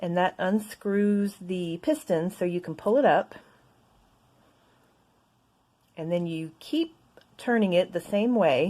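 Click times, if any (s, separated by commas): none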